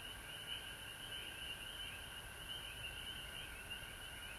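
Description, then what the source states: Frogs in chorus, many overlapping high trills forming a constant shimmering drone, with faint pulsing ripples in the upper layer. Frogs recorded at home in Georgia on March 19, 2020.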